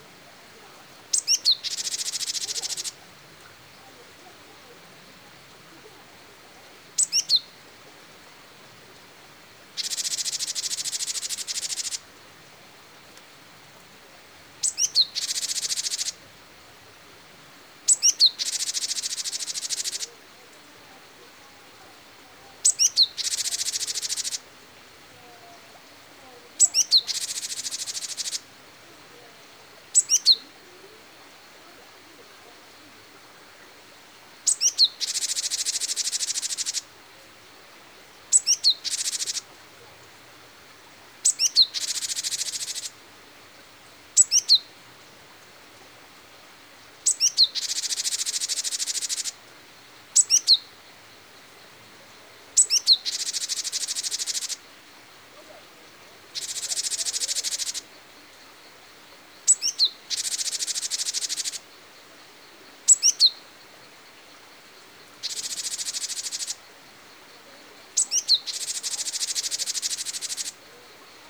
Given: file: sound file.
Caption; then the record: Alarm calls of Henan-tits in response to sparrowhawk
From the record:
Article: Geographic Variation in Note Types of Alarm Calls in Japanese Tits (Parus minor)